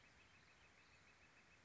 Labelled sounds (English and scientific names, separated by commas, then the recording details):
Northern Flicker (Colaptes auratus)
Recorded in Sonoma County, California